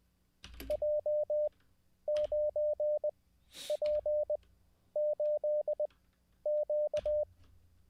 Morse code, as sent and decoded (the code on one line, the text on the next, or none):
.--- ----. .--. ---.. --.-
J9P8Q